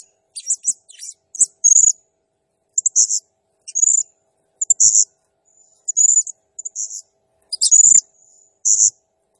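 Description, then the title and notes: Blue-crowned hanging parrot giving very high, shrill, squeaky notes in quick irregular bursts, with brief pauses between clusters. Actively calling bird (gacor, 'nembak' rapid calling), used as masteran training sound and as a lure to excite other birds. "Burung Serindit Nembak Gacor Bikin Emosi Semua Burung. Suara Nasteran Dan Pemikat Burung Serinditan Gacor"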